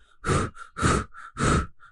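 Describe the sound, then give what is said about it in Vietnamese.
A frightened man, who has just woken with a start and sat up in bed in a hotel room, gives three heavy, rapid panting breaths in a steady rhythm, each a loud, rough rush of air with softer pauses between, with no other sound. “Hắn thở hổn hển, hoảng sợ nhìn căn phòng, mồ hôi chảy xuống trên gương mặt, tim cũng đập thình thịch.”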